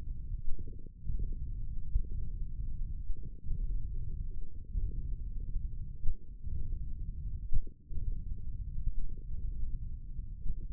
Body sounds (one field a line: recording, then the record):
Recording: forearm muscle sounds (acoustic myography)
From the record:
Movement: tripod grip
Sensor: system 1, eight BSWA MPA416 microphones around the upper forearm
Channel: 1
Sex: male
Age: 20 years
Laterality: left